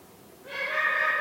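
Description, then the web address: Eurasian eagle-owl giving a single loud, nasal, harmonic wail that starts abruptly partway through and holds a steady pitch to the end. "niaono sheng washifukurou"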